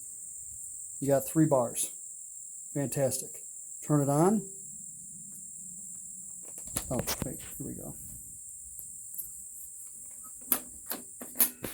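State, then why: Seated. A lithium battery pack is pushed into the battery bay of a Husqvarna cordless chainsaw until it latches, and it ends up all the way in. Someone talks over a steady high insect-like hiss, then handling rattles lead to sharp latch clicks at 10.5 s and 11.4 s.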